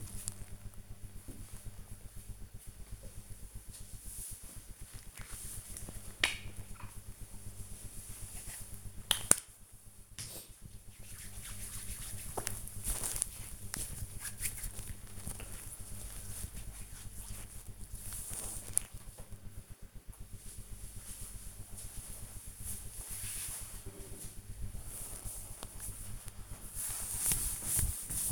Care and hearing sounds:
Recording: household activities, microphone on the right wrist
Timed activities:
2.81-18.90 s: cream hands

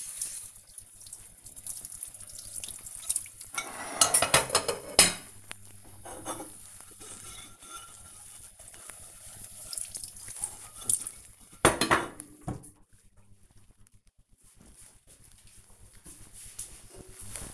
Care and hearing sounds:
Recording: household activities, microphone on the right wrist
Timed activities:
0.00-11.65 s: washing dishes

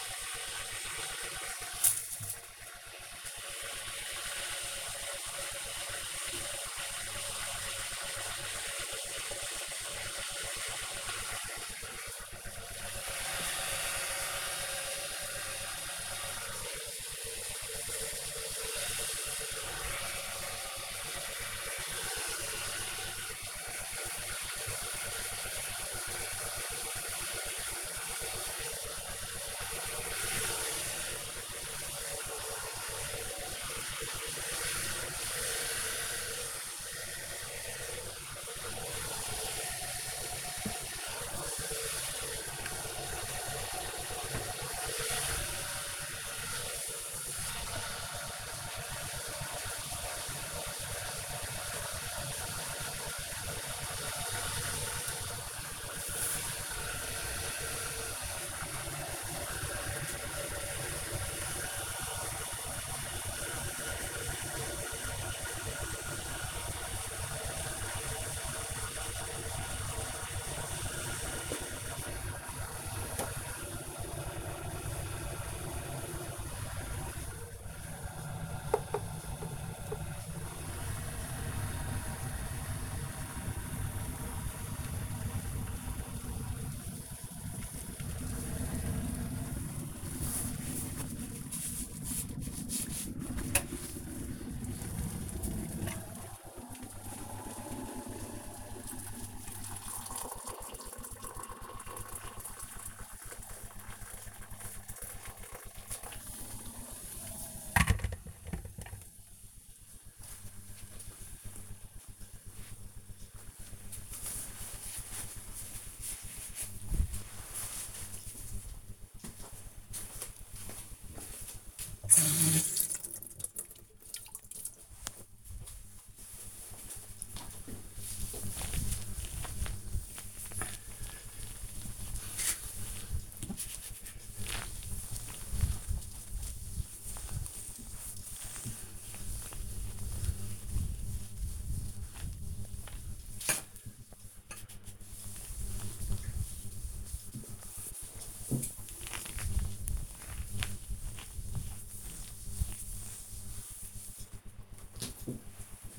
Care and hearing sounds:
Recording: household activities, microphone on the right wrist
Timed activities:
0.00-110.24 s: making tea
122.32-154.53 s: cleaning table

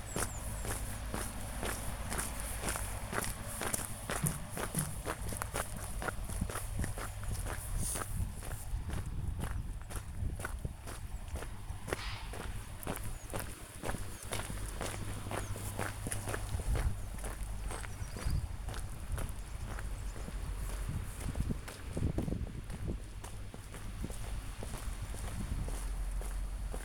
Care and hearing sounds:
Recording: household activities, microphone on the right wrist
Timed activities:
0.00-26.85 s: going for a walk with dog

